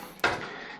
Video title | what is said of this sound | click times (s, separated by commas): Catch Up and Some New Shelves | and then it just clicks | 0.2 s